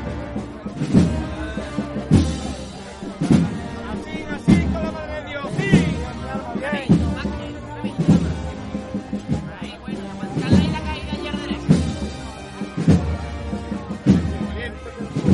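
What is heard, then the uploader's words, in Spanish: The procession of María Santísima de Salud y Esperanza passes through the San Benito neighborhood. A deep drum strikes steadily about once every second, under sustained, wavering melody lines that carry on throughout. Voices murmur in the mix. Sonidos del trasncurrir del paso de María Santísima de Salud y Esperanza por el barrio de San Benito en su regreso tras haber participado del Vía Lucis Mariano.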